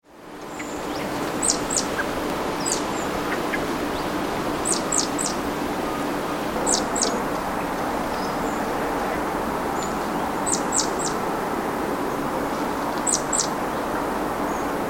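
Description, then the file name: Great tit calls: thin, very high notes in tight pairs and triplets, repeated every couple of seconds over a steady roar of background noise. "Parus major"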